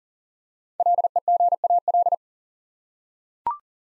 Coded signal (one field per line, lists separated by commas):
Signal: Morse code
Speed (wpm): 42 wpm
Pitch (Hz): 700 Hz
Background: none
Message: LEGAL